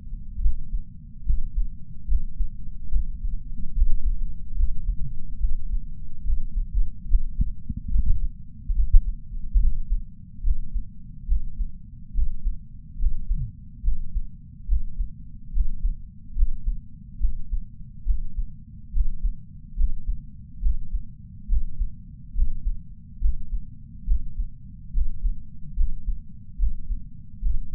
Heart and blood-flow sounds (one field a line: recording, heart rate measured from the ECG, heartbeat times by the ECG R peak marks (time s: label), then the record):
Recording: heart sounds by patch sensor on the chest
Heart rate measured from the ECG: 71 bpm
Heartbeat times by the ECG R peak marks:
0.40 s: heartbeat
1.24 s: heartbeat
2.06 s: heartbeat
2.90 s: heartbeat
3.73 s: heartbeat
4.55 s: heartbeat
5.38 s: heartbeat
6.24 s: heartbeat
7.06 s: heartbeat
7.90 s: heartbeat
8.74 s: heartbeat
9.58 s: heartbeat
10.42 s: heartbeat
11.26 s: heartbeat
12.13 s: heartbeat
12.97 s: heartbeat
13.82 s: heartbeat
14.66 s: heartbeat
15.51 s: heartbeat
16.34 s: heartbeat
17.19 s: heartbeat
18.04 s: heartbeat
18.91 s: heartbeat
19.75 s: heartbeat
20.60 s: heartbeat
21.47 s: heartbeat
22.33 s: heartbeat
23.19 s: heartbeat
24.05 s: heartbeat
24.92 s: heartbeat
25.75 s: heartbeat
26.57 s: heartbeat
27.40 s: heartbeat
From the record:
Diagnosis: coronary artery disease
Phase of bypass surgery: preoperative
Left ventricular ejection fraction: 62.4%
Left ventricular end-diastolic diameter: 53 mm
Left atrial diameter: 33 mm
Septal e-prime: 9.2 cm/s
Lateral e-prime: 11.3 cm/s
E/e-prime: 6.9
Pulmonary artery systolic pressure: 26 mmHg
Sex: male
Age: 35 years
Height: 178 cm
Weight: 58 kg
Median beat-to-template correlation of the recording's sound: 0.86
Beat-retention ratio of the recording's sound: 0.99